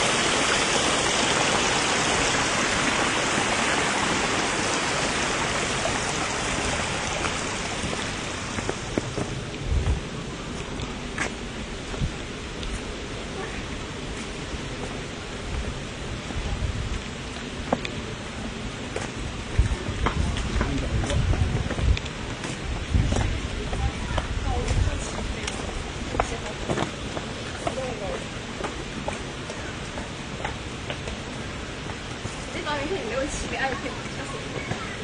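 An afternoon recording from a path on Yuelu Mountain. A dense, bright hiss like steady rain fills the first nine seconds, then thins to a softer bed scattered with small ticks and taps. Low rumbling swells come and go, strongest around twenty to twenty-five seconds.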